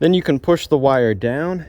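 A metal bulb retaining wire clip is being handled on a 2009 Hyundai Accent headlight housing while someone talks. The wire spring is about to be pushed down over the headlight bulb base, but nothing has seated or clicked yet in this clip.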